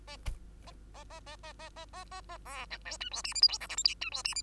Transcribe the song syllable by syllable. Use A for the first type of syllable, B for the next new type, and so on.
A A A A A A A A A A B C D E F G H I J K L M N E F G H